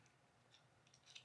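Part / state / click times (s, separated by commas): camera quick-release plate into tripod head clamp / seated / 1.2 s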